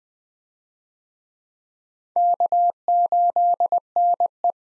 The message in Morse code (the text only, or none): K8NE